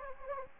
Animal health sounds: mosquito wingbeat signal from an infrared sensor; Anopheles gambiae

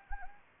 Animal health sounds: mosquito wingbeat signal from an infrared sensor; Anopheles gambiae

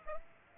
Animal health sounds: mosquito wingbeat signal from an infrared sensor; Aedes aegypti

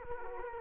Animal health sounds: mosquito wingbeat signal from an infrared sensor; Culex quinquefasciatus

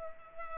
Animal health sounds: mosquito wingbeat signal from an infrared sensor; Culex pipiens

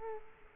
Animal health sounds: mosquito wingbeat signal from an infrared sensor; Culex quinquefasciatus

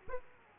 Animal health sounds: mosquito wingbeat signal from an infrared sensor; Aedes aegypti

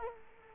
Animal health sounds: mosquito wingbeat signal from an infrared sensor; Culex quinquefasciatus

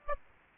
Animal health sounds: mosquito wingbeat signal from an infrared sensor; Aedes aegypti

